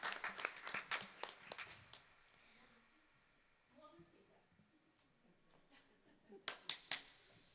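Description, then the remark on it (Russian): Scattered audience applause given to encourage shy children: a short burst of sharp, uneven claps, then a quieter stretch with a faint voice murmuring, and a second brief flurry of loud claps near the end. “Немножко подарим аплодисменты.”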